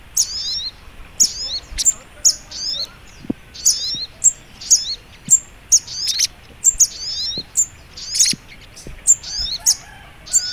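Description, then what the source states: Brown-throated sunbird song: high, thin clipped chirps and tumbling twitter phrases, repeated irregularly, with faint low clicks behind. Masteran training recording titled Sogok Ontong Labaik.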